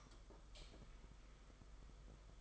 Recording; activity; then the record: daily activity, microphone in the room; light off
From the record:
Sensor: 5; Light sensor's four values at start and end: 19/48/19/21 and 18/42/17/19